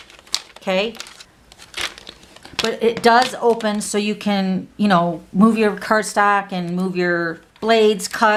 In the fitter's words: way instead of physically locking it so every time you close your arm it's gonna click into place and it's gonna lock it and secure but